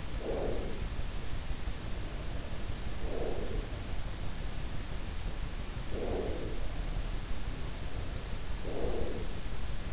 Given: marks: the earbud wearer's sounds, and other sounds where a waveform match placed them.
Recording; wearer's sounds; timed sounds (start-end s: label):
sounds in sleep by an in-ear microphone; breath
0.00-1.22 s: breath
2.73-4.13 s: breath
5.62-7.21 s: breath
8.47-9.73 s: breath